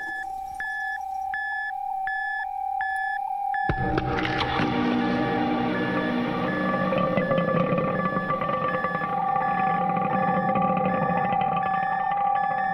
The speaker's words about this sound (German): Es ist total still. Sie hören aber dieses Piep, was Sie aus vielen U-Boot-Filmen, Kriegsfilmen kennen, wenn die dann so eingepegelt werden, weil das Mutterschiff oben einen eingepegelt hat. Das heißt, man hatte immer so dieses Bim, Bim.